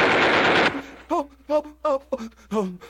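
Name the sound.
gunshots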